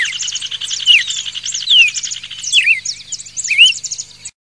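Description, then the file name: Red-crested cardinal singing loud, slurred whistles that fall and some that hook upward, spaced about a second apart, with steady high twittering chatter underneath. Song variation number 7. "suara kicauan burung red crested cardinal variasi 7 omkicau"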